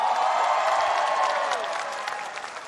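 Sustained audience applause for a contestant on an Indonesian Idol 2020 show, a dense crackle of many hands clapping at once, loud and steady before tapering slightly toward the end, with faint cheering mixed in.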